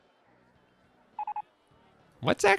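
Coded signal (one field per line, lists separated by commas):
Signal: none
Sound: game placement beeps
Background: speech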